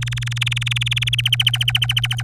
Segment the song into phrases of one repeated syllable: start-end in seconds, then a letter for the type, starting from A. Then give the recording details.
0.00-1.15 A, 1.18-2.22 B. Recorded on 24 April 2018 at 09:26. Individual llb3